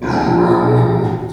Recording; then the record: squeal of a Yucatan mini pig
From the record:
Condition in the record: before surgery on the right vocal fold (resection and tissue-engineered implant); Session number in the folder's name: 2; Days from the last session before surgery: -15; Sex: female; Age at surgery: 19 weeks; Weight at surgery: 25 kg